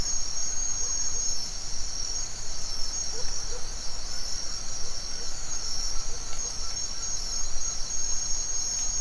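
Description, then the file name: Crickets keep up a dense, unbroken high trill over low ambient rumble, with scattered faint short calls from other animals. Forest ambience at dawn in Mexico, with crickets and other insects. "nature ambience forest dawn owl birds crickets insects mexico"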